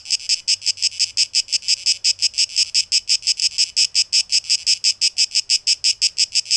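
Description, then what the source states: Cicadas buzz in sharp, evenly spaced pulses, a bright high rasp throughout. Cicadas recorded 12 August 2023; tape echo mix.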